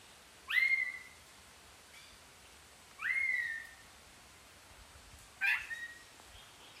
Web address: sound Neumann's-starling